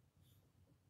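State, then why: Not seated. A plastic piece of a transforming toy robot is handled against the front of the figure, giving soft, low rubbing and shuffling sounds with faint higher rustles. Nothing has seated or clicked yet.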